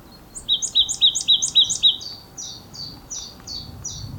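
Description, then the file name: Marsh tit giving a rapid run of high, clipped notes, then a slower string of softer, thinner notes; faint background hiss. "Poecile palustris"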